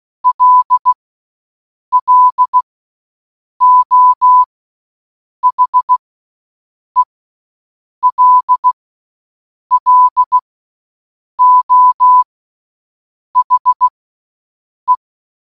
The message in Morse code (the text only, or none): LLO HELLO HE